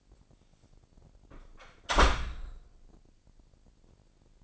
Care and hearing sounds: daily activity, microphone in the room; close door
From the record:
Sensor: 5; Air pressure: 1012.4 hPa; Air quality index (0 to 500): 158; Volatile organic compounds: 2 ppm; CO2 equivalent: 1076 ppm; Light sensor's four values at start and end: 229/557/234/256 and 228/554/233/254

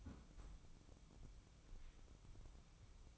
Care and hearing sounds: daily activity, microphone in the room; close fridge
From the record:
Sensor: 1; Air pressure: 1007.9 hPa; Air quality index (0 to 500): 107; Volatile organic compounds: 1 ppm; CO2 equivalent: 907 ppm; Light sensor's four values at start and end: 12/30/12/14 and 12/30/12/14

